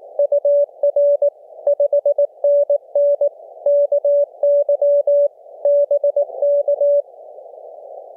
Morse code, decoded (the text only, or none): UR 5NN KY BK